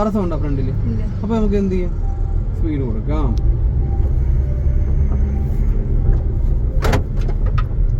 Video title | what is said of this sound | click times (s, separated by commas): കൊല്ലം തെറ്റിച്ചിറയാണ് സ്ഥലം automatic car സ്വന്തമായി ഉണ്ട് അത് ഓടിക്കാൻ ഒരുപാട് ഇഷ്ടം 🚘⚡️ | ഒരു സൗണ്ട് കേട്ടത് പേടിക്കണ്ട. വണ്ടിയുടെ ലോക്ക് വീണതാണ്. | 7.5 s, 7.6 s